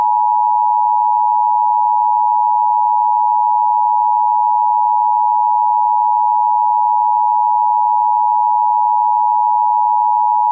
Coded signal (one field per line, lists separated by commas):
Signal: Emergency Alert System (SAME) tones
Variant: 853 and 960 Hz attention tone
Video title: EAS Mini - Spring (out)Break